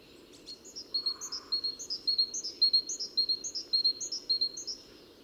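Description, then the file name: Great tit singing a continuous run of high, ringing two-note phrases, each pair repeated quickly and evenly, with a constant low hum underneath. "Parus major"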